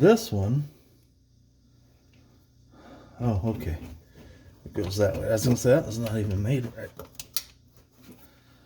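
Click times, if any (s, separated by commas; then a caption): 7.4 s. A plastic trailer wiring harness retaining clip is pressed into a hole in the body of a 2011 Hyundai Santa Fe while someone talks. A sharp snap at 7.4 seconds marks the clip seating in place.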